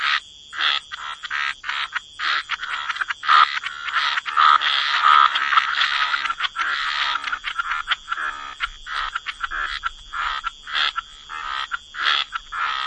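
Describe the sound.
Chorus of frogs, quick repeated croaks merging into a dense middle stretch before separating again, over a faint steady high tone.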